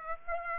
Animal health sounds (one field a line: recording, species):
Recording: mosquito wingbeat signal from an infrared sensor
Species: Aedes aegypti